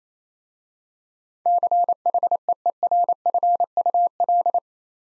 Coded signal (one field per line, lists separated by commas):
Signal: Morse code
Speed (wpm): 27 wpm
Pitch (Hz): 700 Hz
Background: none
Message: CHEERFUL